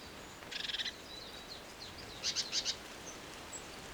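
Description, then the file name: Great tit calls: a fast burst of about seven buzzy, chattering notes, then after a pause four higher, sharper notes, with faint high chirps between. "Parus major"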